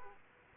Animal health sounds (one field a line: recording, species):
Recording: mosquito wingbeat signal from an infrared sensor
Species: Aedes aegypti